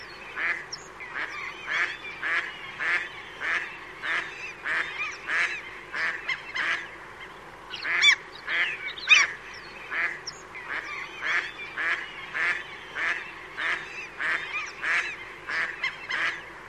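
Bird calls: harsh, honking notes repeated quickly and steadily, about one to two a second, throughout. A couple of sharper, higher notes break in near the middle.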